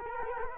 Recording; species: mosquito wingbeat signal from an infrared sensor; Culex quinquefasciatus